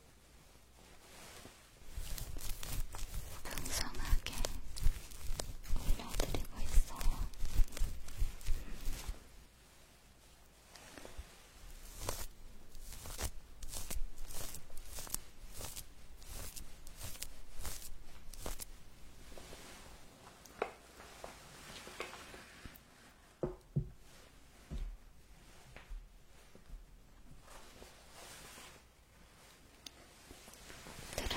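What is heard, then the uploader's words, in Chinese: Ear massage: dense bursts of rubbing and crackling strokes, rapid and fairly regular, with a busy stretch from about two to nine seconds. After a brief dip, quicker scratchy strokes continue, thinning out and growing more sporadic toward the end. 按摩耳朵3（声控助眠）。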